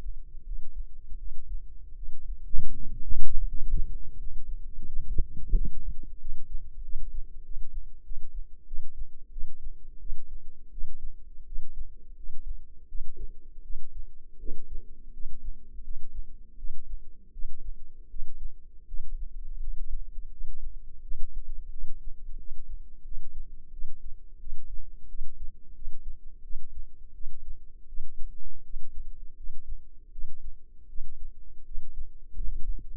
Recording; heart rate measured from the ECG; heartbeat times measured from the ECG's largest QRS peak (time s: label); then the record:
heart sounds by microphone in the left ear; 85 bpm
0.43 s: heartbeat
1.16 s: heartbeat
1.94 s: heartbeat
2.72 s: heartbeat
3.47 s: heartbeat
4.16 s: heartbeat
4.84 s: heartbeat
5.52 s: heartbeat
6.17 s: heartbeat
6.81 s: heartbeat
7.41 s: heartbeat
8.02 s: heartbeat
8.64 s: heartbeat
9.29 s: heartbeat
9.98 s: heartbeat
10.69 s: heartbeat
11.43 s: heartbeat
12.14 s: heartbeat
12.86 s: heartbeat
13.61 s: heartbeat
14.37 s: heartbeat
15.11 s: heartbeat
15.81 s: heartbeat
16.55 s: heartbeat
17.30 s: heartbeat
18.07 s: heartbeat
18.85 s: heartbeat
19.58 s: heartbeat
20.29 s: heartbeat
20.99 s: heartbeat
21.69 s: heartbeat
22.36 s: heartbeat
23.02 s: heartbeat
23.70 s: heartbeat
24.38 s: heartbeat
25.07 s: heartbeat
25.73 s: heartbeat
26.41 s: heartbeat
27.12 s: heartbeat
27.86 s: heartbeat
28.62 s: heartbeat
29.34 s: heartbeat
30.10 s: heartbeat
30.86 s: heartbeat
31.63 s: heartbeat
32.34 s: heartbeat
From the record:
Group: healthy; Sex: female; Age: 22 years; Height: 160 cm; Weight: 45 kg